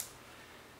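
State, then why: Seated. A lens is placed on the bayonet mount of a Nikon F or Nikkormat FT SLR camera and twisted until it locks into place. A sharp, short click sounds at 0.0 s, followed by quiet, steady background noise for the rest of the clip. The lens is seated and locked on the mount.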